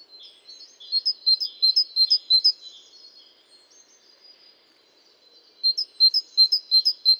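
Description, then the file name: Great tit calls in two bursts of high, sharp repeated notes, with a quieter stretch between them. "Parus major"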